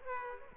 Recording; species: mosquito wingbeat signal from an infrared sensor; Aedes aegypti